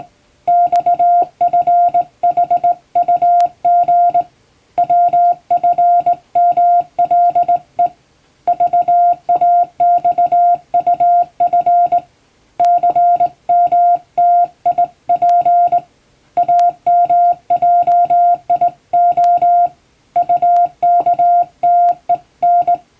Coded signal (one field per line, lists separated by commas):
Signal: Morse code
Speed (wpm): 20 wpm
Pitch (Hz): 700 Hz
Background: music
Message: XFHUG WFMLE VAXUF CMTIP AMJIO UKTEN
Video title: 【Radio operator morse practice】This is a Morse code practice video. There is a morse exam in japan.